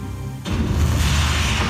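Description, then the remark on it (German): After a brief quiet lead-in, a loud explosion from season 7 of a TV series, performed as live sound for the series' images, bursts in suddenly, followed by a heavy, sustained rumbling roar of deep, crackling noise that carries on without fading. “Ja, was da jetzt explodiert und in die Luft gegangen ist in Staffel 7, das...”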